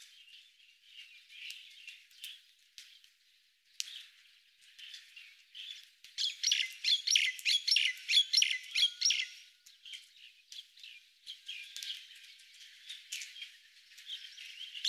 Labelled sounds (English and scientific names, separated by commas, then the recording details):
Common Myna (Acridotheres tristis) song
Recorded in the wild
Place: Buchara, TM
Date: 2001-05-20
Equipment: MiniDisc Sharp MT 20 H
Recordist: Schwarz, Dieter
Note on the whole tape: Song